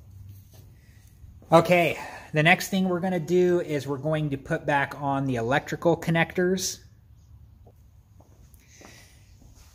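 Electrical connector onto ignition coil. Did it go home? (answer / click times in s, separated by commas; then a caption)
no / none. Electrical connectors are picked up and lined up with the ignition coils on a 2003–2008 Toyota Corolla before being pushed home. Someone talks for most of the clip, and only faint handling noises follow. Nothing has seated or clicked yet.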